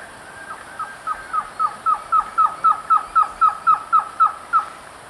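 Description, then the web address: Green-backed trogon delivering a long, evenly spaced run of hollow, slightly downslurred notes that swell in volume, with a steady high hiss behind. Song recorded in the eastern lowlands of South America. "Natures Songs S America Eastern Lowlands Trogon viridis, song"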